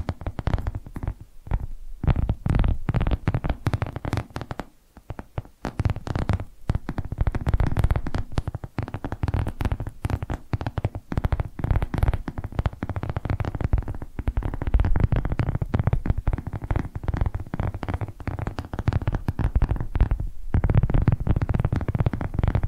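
Dense, rapid tapping runs almost without pause for the whole stretch, with heavy low thumps and brief gaps near five and twenty seconds.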